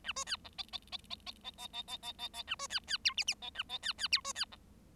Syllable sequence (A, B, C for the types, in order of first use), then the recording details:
A B C D E E E E E E E E E E E E A B C C F G G E A E C C F B C D. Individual Bird7